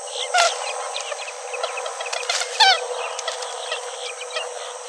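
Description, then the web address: Purple gallinule giving sharp, clucking notes and a few quick descending squeaky calls amid a noisy, hissy background. "cantos polloazul"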